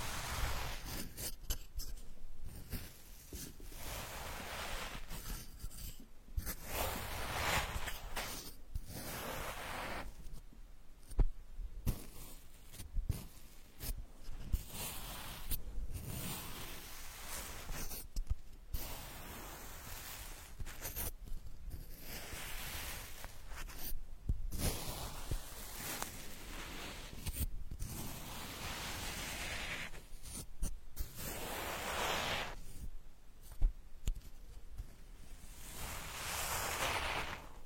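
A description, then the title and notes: Straw-like rustling and scratching in ear digging, rough bursts of crackle broken by short silent gaps, recurring irregularly throughout. Unique straw therapy ear digging experience.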